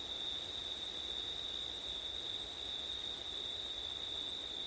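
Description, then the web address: Cricket trilling, steady and high-pitched without pause, over a faint hiss. Crickets heard on a windy September night; ORTF stereo recording. "audio crickets wind september night ortif"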